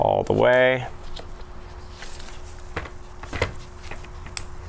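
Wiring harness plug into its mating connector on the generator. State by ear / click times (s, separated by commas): seated / 4.4 s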